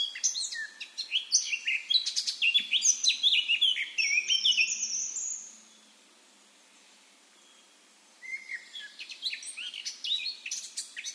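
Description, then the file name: Eurasian blackcap song: a loud warbled phrase ending in a rising whistle, a few seconds of quiet, then another burst of warbling. "Sylvia atricapilla"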